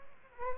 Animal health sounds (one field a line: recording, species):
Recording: mosquito wingbeat signal from an infrared sensor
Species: Aedes aegypti